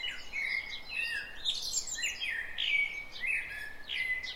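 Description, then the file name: Common blackbird pouring out rich, mellow warbling phrases one after another, with high twittering notes. "Turdus merula"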